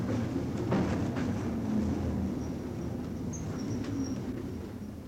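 A tram rumbles along at speed through empty streets, past stops such as Eschweiler Weg, Kronstädter Platz, Alter Markt and Rabestraße, in a steady, heavy low roar, with occasional clacks and brief thin metallic squeals over the top.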